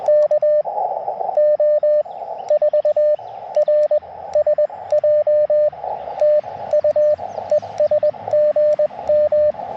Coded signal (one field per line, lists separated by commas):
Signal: Morse code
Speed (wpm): 21 wpm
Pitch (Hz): 600 Hz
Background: radio noise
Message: KO4RSJ TU ES GM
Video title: Sunrise Coffee & Morse Code - QRP CW POTA Activation 5/15/23 @ K-4451